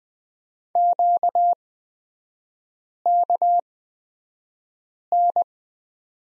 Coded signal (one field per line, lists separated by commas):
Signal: Morse code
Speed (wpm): 20 wpm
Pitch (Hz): 700 Hz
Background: none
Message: QKN